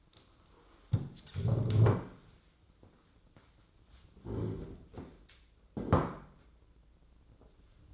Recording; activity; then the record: daily activity, microphone in the room; stand up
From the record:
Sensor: 3